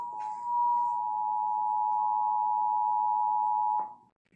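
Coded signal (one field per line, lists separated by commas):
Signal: Emergency Alert System (SAME) tones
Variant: 853 and 960 Hz attention tone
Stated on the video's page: Required monthly tests aired by television stations; one station had a slight audio problem on the second header.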